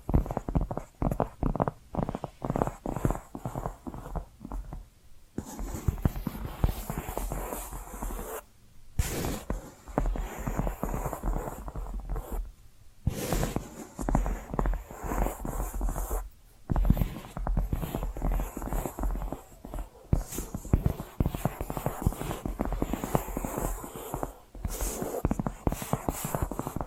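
Tapping and scratching sounds run almost without pause, a dense patter of quick, irregular taps layered with rough scraping. Brief silent gaps break the flow around 5, 9, 13, 16 and 25 seconds, and a faint high whine sits steadily behind everything.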